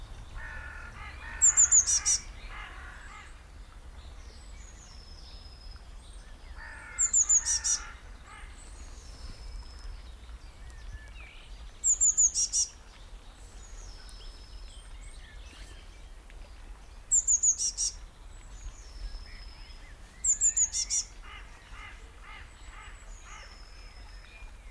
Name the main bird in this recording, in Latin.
Cyanistes caeruleus